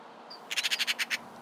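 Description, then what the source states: Eurasian Magpie chattering: a rapid dry rattle of about eight harsh, even notes over roughly 0.7 seconds, preceded by a short thin whistle. Chatter likened to a shaken matchbox; under horse chestnut trees; feeds on beetles, butterflies, carrion and waste; drawn to metallic colours, sometimes steals shiny objects.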